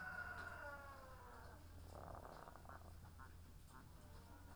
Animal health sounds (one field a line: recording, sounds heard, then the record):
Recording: poultry house recording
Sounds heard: sick chickens (respiratory disease)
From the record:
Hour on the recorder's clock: 18